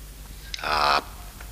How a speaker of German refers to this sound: Rabe. Du kannst sprechen?